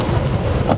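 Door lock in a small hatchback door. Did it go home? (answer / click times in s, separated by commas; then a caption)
no / none. The door lock of a 2014 Fiat 500S Sporty hatchback is being engaged by hand with the manual lock instead of the remote, over a steady low rumble with a brief sharper sound near 0.7 s. The lock has not yet clicked into place when the clip ends.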